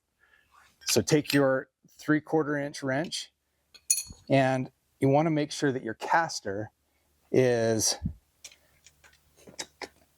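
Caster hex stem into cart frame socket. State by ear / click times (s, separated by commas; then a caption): seated / 9.6 s, 9.8 s. A caster's hexagonal stem is pushed down into the matching hexagonal socket on a metal cart frame before it is tightened with a 3/4 in wrench. Someone talks through most of the clip. Then two small clicks at 9.6 s and 9.8 s mark the hex stem seating in the socket.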